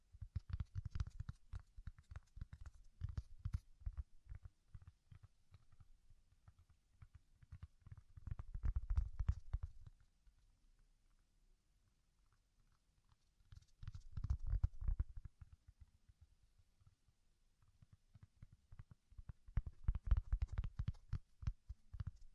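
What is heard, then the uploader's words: Soft, fluffy rubbing and patting comes in bursts of dense, quick crackles with a deep, muffled low end. Busy stretches near the start, around 8–9 seconds, 14–15 seconds, and 20–22 seconds alternate with near-silent pauses. ASMR Deep Ear Tingles Soft & Fluffy Triggers. (No Talking).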